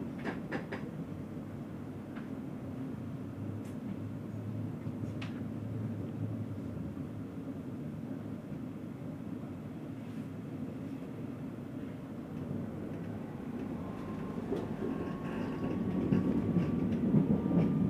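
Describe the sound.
An S-Bahn train rumbles steadily with low, even noise and brief clicks, then a rising whine near the end as the sound grows louder.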